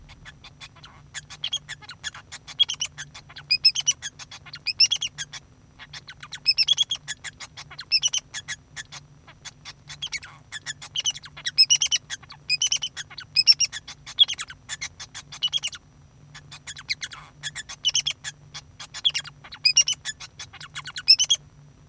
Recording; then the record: song of a male Bengalese finch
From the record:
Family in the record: son of father 2